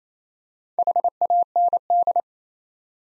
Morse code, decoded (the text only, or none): HAND